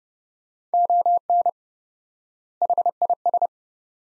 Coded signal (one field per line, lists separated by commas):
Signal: Morse code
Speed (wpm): 30 wpm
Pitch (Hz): 700 Hz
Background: none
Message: ON HIS